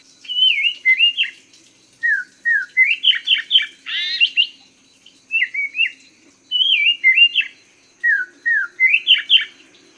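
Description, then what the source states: Laughingthrush song: repeated phrases of whistled slurs and quick notes, with brief pauses between phrases. Song variation number 3.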